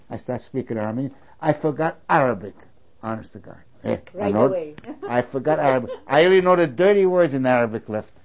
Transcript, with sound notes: I started speaking Armenian. I forgot Arabic, honest to God.
Right away. ( she laughs )
I forgot Arabic. I only know the dirty words in Arabic left.